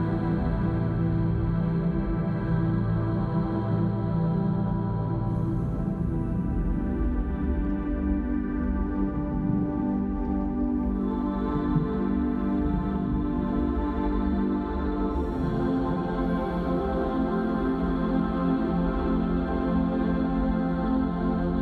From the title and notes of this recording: Whales' Serenade in Tranquil Water Ambient. Soothing ambient sounds of tranquil waters, accompanied by the majestic serenade of whales.